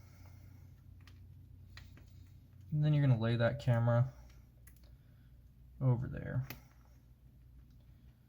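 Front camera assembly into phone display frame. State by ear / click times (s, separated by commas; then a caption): not seated / none. A front camera assembly is being laid into the display frame of an iPhone 7 Plus during a glass screen repair, with a few faint, short handling clicks and taps. Someone talks over the work. The camera is handled but not yet home, and nothing has seated or clicked yet.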